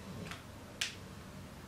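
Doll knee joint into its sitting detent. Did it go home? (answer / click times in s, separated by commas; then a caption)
yes / 0.3 s, 0.8 s. The knee joint of a plastic ABS ball-jointed doll is bent so it ratchets into its sitting detent, giving a faint click at 0.3 s and a sharper, louder click at 0.8 s. The knee clicks into place in the sitting position.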